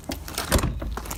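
An interior trim piece is handled as it is fitted into the interior of a 1980 Volvo 345 (Volvo 340 series). Brief sharp knocks and rattles are heard, loudest around 0.4 and 0.5 seconds. Nothing has seated or clicked into place yet.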